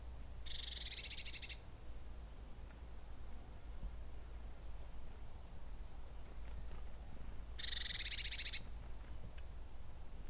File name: Cyanistes caeruleus